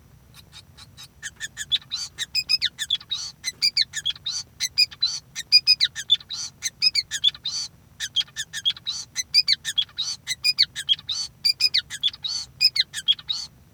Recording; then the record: song of a male Bengalese finch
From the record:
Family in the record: son of father 5